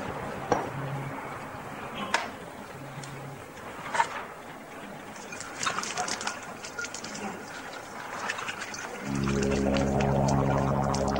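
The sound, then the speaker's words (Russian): A few sharp clinks and light handling noises, then liquid pours steadily into a film-developing jar, its hollow resonant tone rising in pitch as the jar fills, over a low background hiss. “Наливает в банку для проявления фотопленки жидкость.”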